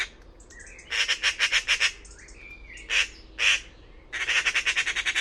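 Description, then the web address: Bird squawking in harsh, pulsed runs, broken up by two single loud squawks and some faint chirps. "cianscape birddata Deverinetal 2025"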